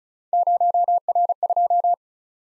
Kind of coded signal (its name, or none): Morse code